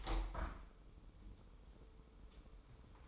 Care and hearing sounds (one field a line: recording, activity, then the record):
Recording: daily activity, microphone in the room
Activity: open window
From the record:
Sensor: 1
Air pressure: 995.7 hPa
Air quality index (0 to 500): 44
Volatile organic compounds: 1 ppm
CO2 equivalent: 771 ppm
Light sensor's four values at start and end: 30/103/40/41 and 30/103/40/41